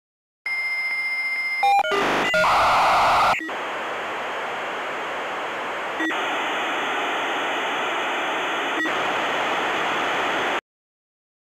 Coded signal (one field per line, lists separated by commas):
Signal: dial-up modem handshake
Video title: Modem Dial and Connection